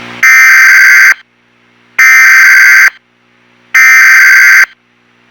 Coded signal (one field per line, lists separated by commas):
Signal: Emergency Alert System (SAME) tones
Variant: header bursts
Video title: EAS Scenario: The invasion of Kentucky (bluegrass state)